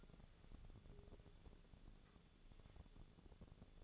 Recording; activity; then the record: daily activity, microphone in the room; take from stove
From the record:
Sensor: 4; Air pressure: 1000.8 hPa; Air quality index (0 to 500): 125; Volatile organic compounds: 1 ppm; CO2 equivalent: 942 ppm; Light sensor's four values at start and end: 45/111/47/52 and 46/112/47/53